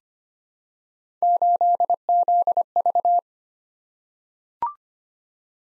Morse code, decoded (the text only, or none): 8ZV